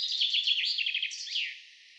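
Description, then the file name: Common chaffinch song picked up mid-phrase: quick tumbling trill notes, then a clear downslurred terminal flourish, followed by quiet background hiss. "Fringilla coelebs"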